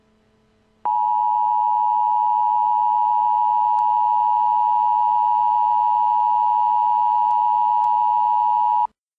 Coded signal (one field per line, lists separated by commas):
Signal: Emergency Alert System (SAME) tones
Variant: 853 and 960 Hz attention tone